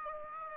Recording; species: mosquito wingbeat signal from an infrared sensor; Aedes aegypti